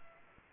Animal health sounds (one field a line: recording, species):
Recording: mosquito wingbeat signal from an infrared sensor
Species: Culex pipiens